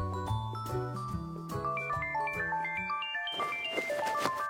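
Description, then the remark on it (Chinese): A mobile phone rings with a melodic ringtone, a steady run of stepped notes climbing upward, then shifting into a brighter, busier tinkling passage near the end. No one speaks. “徐冉接了个电话走出房门”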